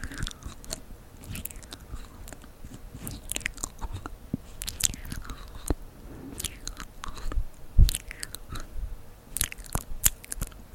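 Wet mouth sounds fill the recording: quick clicks, smacks and crunchy chewing-like noises in an uneven, busy stream. Sharper pops stand out near the middle and around eight seconds, over a quiet background with a faint low hum.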